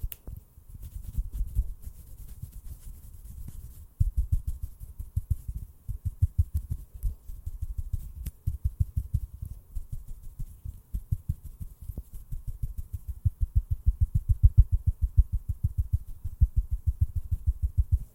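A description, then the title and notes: Fast tapping and rubbing strokes come in dense, rapid bursts, mostly dull and low with a faint hiss above. A short pause breaks the run near four seconds, then the quick, fairly regular strikes continue steadily to the end. FAST AND AGGRESSIVE TRIGGERS NO TALKING.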